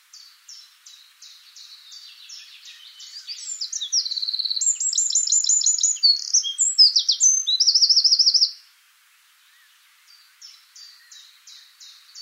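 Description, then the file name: Eurasian wren singing: quick high ticking notes build into a loud rattling trill with sharp twitters, then after a pause the fast ticking series starts again. "Troglodytes troglodytes"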